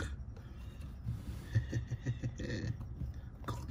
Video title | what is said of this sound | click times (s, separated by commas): KSWAP - 20 YEARS NEWER -JDI PUSH START- INSTALL | no click it's in there though | none